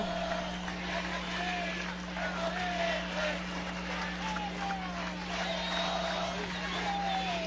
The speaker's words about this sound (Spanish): Tenemos la presencia del movimiento estudiantil de Rivas, Robinson, Sucre. ¡Un aplauso!